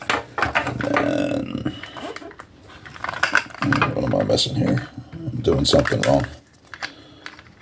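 A plastic part is being handled and worked into place on a plastic toy jeep while someone talks. Short plastic knocks and taps are heard throughout, but nothing has seated or clicked yet.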